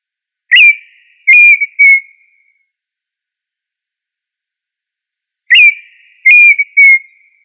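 Tinamou whistled call: a clear slurred whistle sliding down, then two shorter whistled notes, the three-note phrase repeated after a few seconds of silence.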